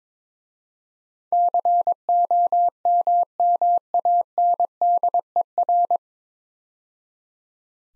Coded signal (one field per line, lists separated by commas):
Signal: Morse code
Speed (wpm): 22 wpm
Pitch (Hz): 700 Hz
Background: none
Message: COMMANDER